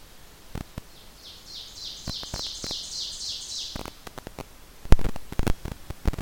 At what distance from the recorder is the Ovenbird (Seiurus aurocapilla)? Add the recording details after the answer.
about 30 m. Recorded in boreal forest in Alberta, Canada, on 29 June 2016 at 08:56. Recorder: SongMeter 3, array SBT-6-79. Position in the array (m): 230 m, 46 m. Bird 39